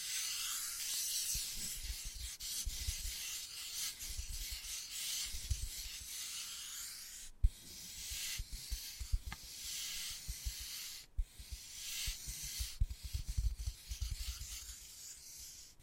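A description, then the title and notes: Rubbing and scratching on wood, a dense hissy rasp that runs nearly without pause, with soft low thumps from the tool and hand mixed in. Sharp taps break through near 7 and 11 seconds, where the scraping briefly stops. ASMR Addictive Wood Carving, Tapping and Scratching Sounds (No Talking).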